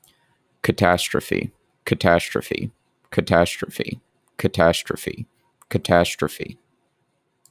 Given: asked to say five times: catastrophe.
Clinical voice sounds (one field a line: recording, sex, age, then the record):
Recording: repeated word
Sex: male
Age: 30 to 39 years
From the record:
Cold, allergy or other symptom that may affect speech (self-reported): no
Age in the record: 33 years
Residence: Georgia, United States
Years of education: 16